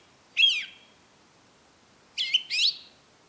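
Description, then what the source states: Song thrush song: a single rich whistled phrase, a pause, then a double phrase of fluty slurred notes, heard against quiet surroundings. Recorded at Rambjøra on 30 March 2023 with a Zoom recorder.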